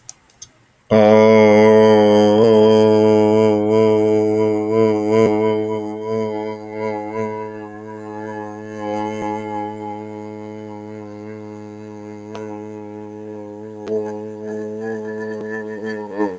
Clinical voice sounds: vowel held as long as possible; male; 40 to 49 years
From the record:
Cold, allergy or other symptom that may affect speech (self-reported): no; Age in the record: 44 years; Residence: Kentucky, United States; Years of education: 16

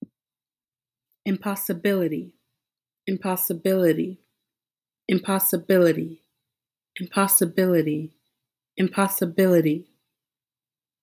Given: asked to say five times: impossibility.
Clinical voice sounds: repeated word; female; 20 to 29 years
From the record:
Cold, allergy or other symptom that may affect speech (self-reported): no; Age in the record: 28 years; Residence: Texas, United States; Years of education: 17

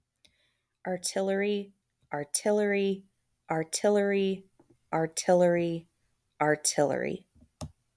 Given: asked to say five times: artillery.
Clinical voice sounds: repeated word; female; 30 to 39 years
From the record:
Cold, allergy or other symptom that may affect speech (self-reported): no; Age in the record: 34 years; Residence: Ohio, United States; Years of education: 20

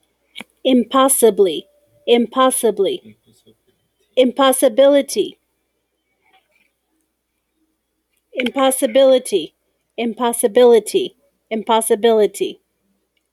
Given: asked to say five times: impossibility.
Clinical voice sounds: repeated word; female; 30 to 39 years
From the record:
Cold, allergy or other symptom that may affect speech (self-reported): no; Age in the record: 36 years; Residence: New Mexico, United States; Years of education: 14

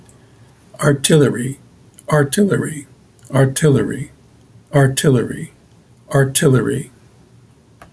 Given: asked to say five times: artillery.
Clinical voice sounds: repeated word; male; 60 to 69 years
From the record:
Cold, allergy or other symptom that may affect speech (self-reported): no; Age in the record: 64 years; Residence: New York, United States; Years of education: 15

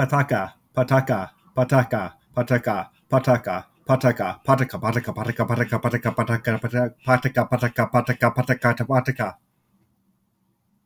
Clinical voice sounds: repeated syllables /pa ta ka/; male; 20 to 29 years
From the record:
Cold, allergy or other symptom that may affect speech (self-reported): no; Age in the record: 27 years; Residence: Washington, United States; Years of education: 20

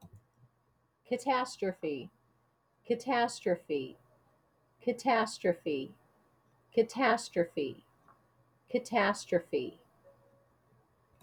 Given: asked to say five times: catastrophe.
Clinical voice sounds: repeated word; female; 50 to 59 years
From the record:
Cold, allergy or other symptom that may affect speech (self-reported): no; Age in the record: 57 years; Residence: Arizona, United States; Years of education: 14

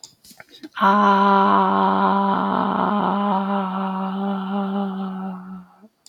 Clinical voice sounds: vowel held as long as possible; female; 40 to 49 years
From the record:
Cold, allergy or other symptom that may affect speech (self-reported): no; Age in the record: 40 years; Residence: California, United States

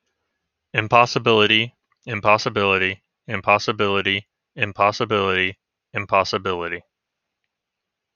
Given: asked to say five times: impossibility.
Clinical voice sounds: repeated word; male; 30 to 39 years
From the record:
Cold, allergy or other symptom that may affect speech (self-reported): no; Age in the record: 36 years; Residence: Kansas, United States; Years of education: 12

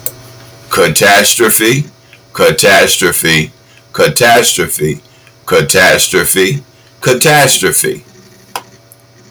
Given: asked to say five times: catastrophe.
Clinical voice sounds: repeated word; male; 60 to 69 years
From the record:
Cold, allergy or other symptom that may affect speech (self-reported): no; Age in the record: 63 years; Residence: Pennsylvania, United States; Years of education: 12

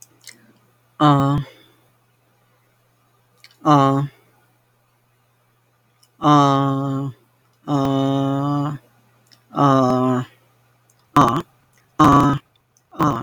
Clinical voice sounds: vowel held as long as possible; female; 40 to 49 years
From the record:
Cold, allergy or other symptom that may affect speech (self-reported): no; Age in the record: 46 years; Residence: Mississippi, United States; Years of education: 15

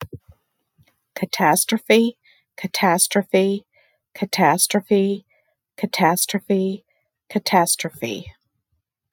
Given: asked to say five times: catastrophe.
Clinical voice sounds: repeated word; female; 60 to 69 years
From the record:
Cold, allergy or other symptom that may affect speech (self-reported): no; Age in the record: 60 years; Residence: Ohio, United States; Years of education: 16

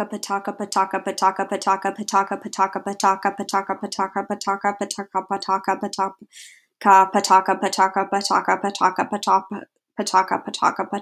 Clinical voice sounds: repeated syllables /pa ta ka/; female; 20 to 29 years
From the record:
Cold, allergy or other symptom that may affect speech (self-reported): no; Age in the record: 22 years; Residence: Pennsylvania, United States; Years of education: 17

